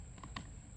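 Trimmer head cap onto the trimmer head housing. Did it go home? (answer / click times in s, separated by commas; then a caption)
no / none. A string trimmer head cap for a STIHL FS111R is handled over the spring on the trimmer head housing. Two short, sharp plastic taps are heard at about 0.2 and 0.4 seconds over a steady background hiss. Nothing has seated or clicked yet.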